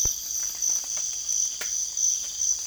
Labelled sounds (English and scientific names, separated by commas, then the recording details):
none
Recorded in secondary vegetation near Puerto Asís, Putumayo, Colombia, on 25 June 2025
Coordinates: 0.488, -76.319
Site G094